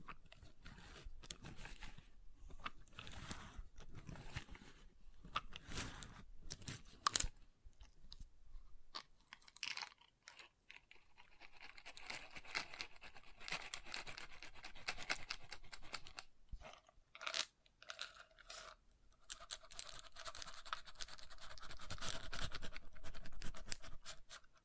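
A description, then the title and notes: Wooden objects are tapped, rubbed and scratched in a busy, uneven stream of small clicks and scrapes. The opening seconds are denser and rougher, with a sharp knock near seven seconds. Brief pauses follow, then lighter, brighter scratching builds again toward the end. ASMR Calming Wood Triggers for Sleep (No Talking).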